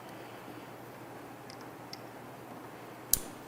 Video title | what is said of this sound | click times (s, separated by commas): Advanblack ST Fairing Lowers With LED Turn Signals - FULL INSTALL | Push it in, listen for the click. | 3.1 s